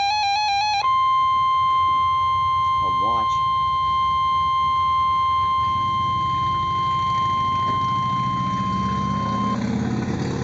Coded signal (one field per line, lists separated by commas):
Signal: Emergency Alert System (SAME) tones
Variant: 1050 Hz attention tone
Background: speech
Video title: TRIPLE HEADER!!! Real NOAA Weather Radio EAS Alerts #238, 239, and #240